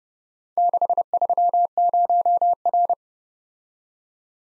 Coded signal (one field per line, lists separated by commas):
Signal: Morse code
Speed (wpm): 30 wpm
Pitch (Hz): 700 Hz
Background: none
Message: 630R